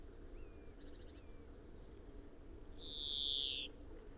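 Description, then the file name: European greenfinch giving a drawn-out buzzy wheeze that slides downward over about a second, preceded by faint soft twittering notes, with a low steady background hum. "Chloris chloris"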